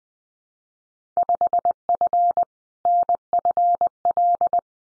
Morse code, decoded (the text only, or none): 5F NFL